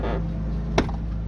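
On a 2014 Ford Explorer, during sunroof motor replacement, the other side of the headliner is pulled until its magnet on the car roof lets go. A steady low hum runs underneath until a single loud, sharp pop at 0.8 s as the magnet detaches from the roof.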